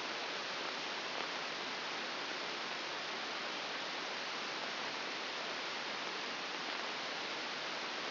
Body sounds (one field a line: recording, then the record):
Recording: brain microelectrode recording played as sound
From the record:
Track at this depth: outside the subthalamic nucleus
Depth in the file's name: 0.101 mm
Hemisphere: left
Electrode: 2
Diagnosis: Parkinson's disease